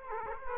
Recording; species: mosquito wingbeat signal from an infrared sensor; Aedes aegypti